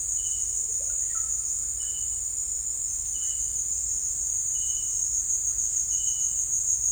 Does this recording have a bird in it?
no